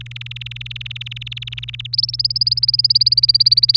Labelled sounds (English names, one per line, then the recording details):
Domestic Canary song
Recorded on 30 April 2018 at 15:48
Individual llb3